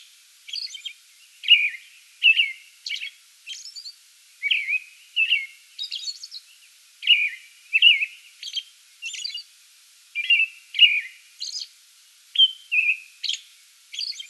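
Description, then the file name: American robin song, a long series of rich caroling phrases alternating with thin high-pitched squeaks, sung continuously in quick succession. Song bout, 8 May 2022. "2022-05-08 American Robin song bout"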